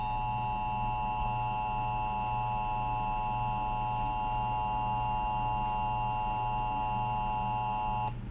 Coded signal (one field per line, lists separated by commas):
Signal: Emergency Alert System (SAME) tones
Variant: 853 and 960 Hz attention tone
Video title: EAS Scenario 2: EF6 (CREDITS TO ALL THE SOUNDS/VIDEOS I USED IN THE DESC)